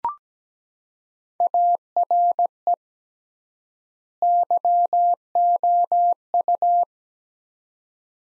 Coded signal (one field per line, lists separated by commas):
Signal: Morse code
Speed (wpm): 17 wpm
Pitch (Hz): 700 Hz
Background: none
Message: ARE YOU